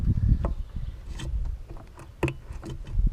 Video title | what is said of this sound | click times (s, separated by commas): Chevy Sonic headlight replacement (2012-2016) | together you'll hear it click shove | 2.2 s